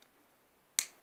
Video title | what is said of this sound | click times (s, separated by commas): LEGEND SPRYZEN S3 UNBOXING BEYBLADE BURST | Hop, vous avez donné le petit clic. | 0.8 s